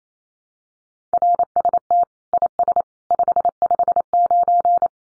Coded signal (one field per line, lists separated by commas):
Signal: Morse code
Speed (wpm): 28 wpm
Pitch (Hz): 700 Hz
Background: none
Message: RST IS 559